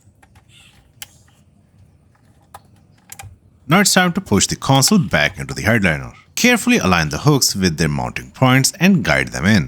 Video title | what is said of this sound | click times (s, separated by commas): How to remove overhead console in Kia Sportage | or feel them click securely into place. | 1.0 s